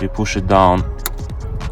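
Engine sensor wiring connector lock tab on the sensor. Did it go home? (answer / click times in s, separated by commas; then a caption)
yes / 1.1 s. On a BMW 330i G20 with the B48 engine, the small locking tab on the plastic engine sensor wiring connector is pushed down after the connector is plugged back in, while someone talks. A sharp click is heard at 1.1 s as the secondary lock clicks home, and the connector is secured.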